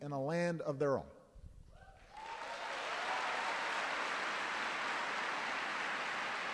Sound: applause

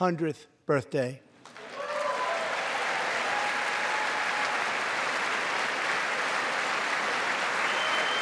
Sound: applause

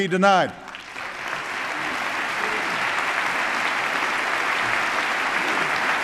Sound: applause

